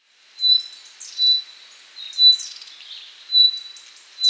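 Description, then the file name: Common nightingale singing: pure whistled notes repeated about once a second, with short twittering phrases between them. "Luscinia megarhynchos"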